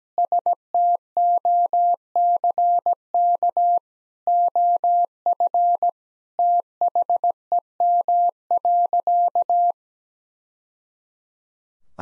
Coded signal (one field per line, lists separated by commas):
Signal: Morse code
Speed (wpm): 17 wpm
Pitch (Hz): 700 Hz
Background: none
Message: STOCK OF THEM.